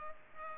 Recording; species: mosquito wingbeat signal from an infrared sensor; Culex pipiens